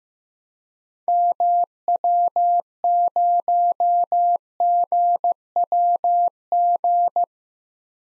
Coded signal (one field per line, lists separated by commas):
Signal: Morse code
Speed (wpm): 15 wpm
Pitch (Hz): 700 Hz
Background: none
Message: MW0GWG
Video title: 2023 POTA Activator Call Signs - 15wpm